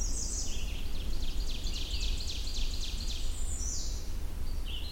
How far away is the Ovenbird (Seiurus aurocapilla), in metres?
about 75 m